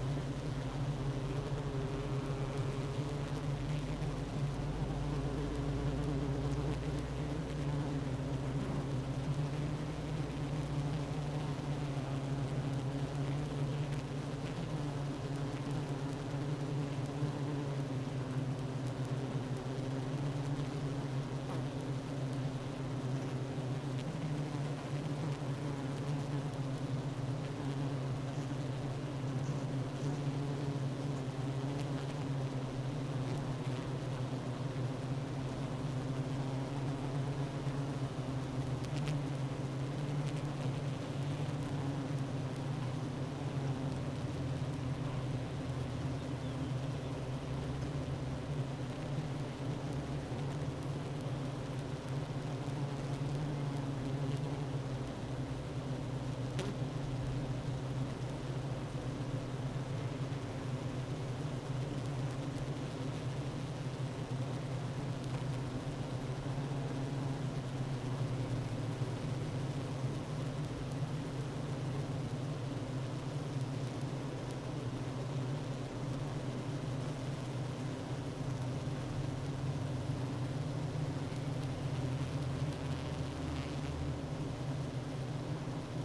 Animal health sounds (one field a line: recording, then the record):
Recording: honeybee colony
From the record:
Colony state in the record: active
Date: 12 June 2018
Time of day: 9:32